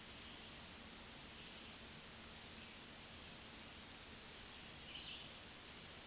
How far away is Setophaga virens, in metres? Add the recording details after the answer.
about 15 m. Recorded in a Pennsylvania forest on 1 June 2023 at 07:19. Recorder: AudioMoth, point grid3_26_high. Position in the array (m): 154 m, 29 m